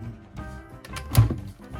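The high-pressure hose fitting with its rubber seals on a Parkside PHD 110 D1 pressure washer is pushed back into the spray gun's socket. A soft knock comes first, then a sharper click at 1.2 s as it latches, over steady background music. The fitting locks into the gun.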